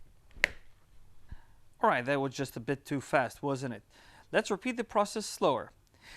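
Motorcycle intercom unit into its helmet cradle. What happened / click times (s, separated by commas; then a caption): The unit snapped into its cradle / 0.4 s. A FREECOM 1 motorcycle intercom unit is snapped quickly into its helmet cradle, making one sharp click at 0.4 s as it seats. Someone then talks.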